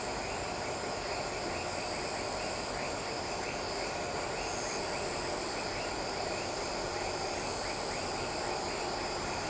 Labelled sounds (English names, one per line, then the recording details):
none
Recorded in shrubland near Pivijay, Magdalena, Colombia, on 14 April 2023 at 19:00
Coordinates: 10.453, -74.365
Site P5-G022